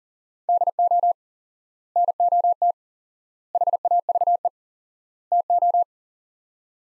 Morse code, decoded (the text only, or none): DO NOT HAVE TO